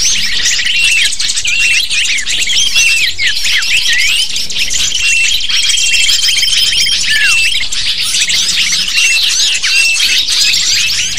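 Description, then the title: Lovebird flock calling nonstop, overlapping high-pitched squeaks and sharp chirps forming a busy, unbroken chatter with occasional long thin whistled notes. Lure for attracting lovebirds. "PIKAT BURUNG LOVEBIRD"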